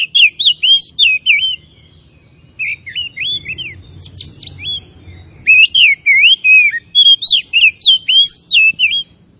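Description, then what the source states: Oriental magpie-robin delivering lively runs of loud, looping whistles with brief scratchy notes, broken by short pauses. Known locally as kacer; labelled Tretes; described as gacor, singing actively and continuously.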